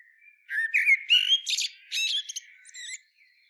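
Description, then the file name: Common blackbird singing a quick phrase of mellow whistled notes running straight into shrill, scratchy twitters, then fading into quieter warbling. "Turdus merula"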